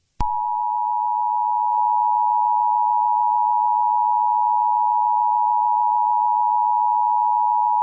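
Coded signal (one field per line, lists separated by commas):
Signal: Emergency Alert System (SAME) tones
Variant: 853 and 960 Hz attention tone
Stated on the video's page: Mock EAS scenario using valid EAS tones.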